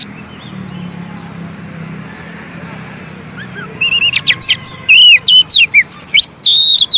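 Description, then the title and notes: Oriental magpie-robin: nearly four seconds of soft hiss, then an Oriental magpie-robin bursts into loud, varied whistled phrases with sweeping slurs. Indonesian long-duration 'isian' filler song of an Oriental magpie-robin, used to train birds to sing actively day and night. "Kacer Jadi Gacor Siang Malam. Isian Kacer Durasi Panjang"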